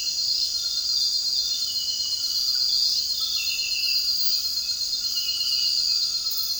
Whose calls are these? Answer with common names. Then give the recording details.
none. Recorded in dense forest near Puerto Asís, Putumayo, Colombia, on 19 February 2024 at 01:30. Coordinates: 0.481, -76.318. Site G6421